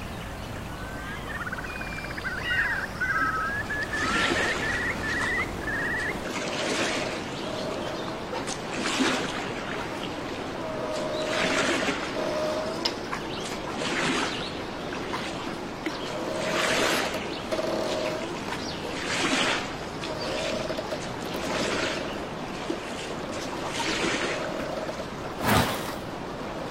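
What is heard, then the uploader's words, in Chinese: Outdoor nature ambience with a steady wash of noise, scattered bright crackles and thuds, and a short run of bird chirps near the start. 真实录制的大自然白噪音氛围。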